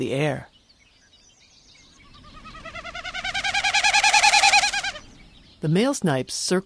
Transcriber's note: Winnowing of a Wilson’s Snipe